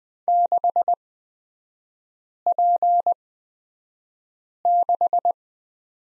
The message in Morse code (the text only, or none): 6P6